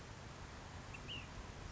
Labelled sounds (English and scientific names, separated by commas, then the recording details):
Ash-throated Flycatcher (Myiarchus cinerascens)
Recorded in Sonoma County, California